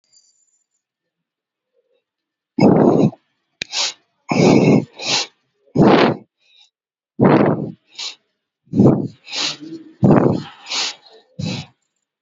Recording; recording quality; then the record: shallow breathing; excellent, no background noise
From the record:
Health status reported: COVID-19 positive, mild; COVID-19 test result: positive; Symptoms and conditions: cough, breathing difficulty, fever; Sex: male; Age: 38 years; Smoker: not ticked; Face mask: worn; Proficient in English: yes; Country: India